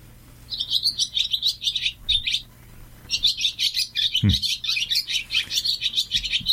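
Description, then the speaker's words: Swallows singing, a busy stream of high twittering chirps and warbles, nearly continuous with a brief pause near the middle; low thumps are heard a few times. Several swallows singing. "Mira, escucha, mira cómo cantan las golondrinas."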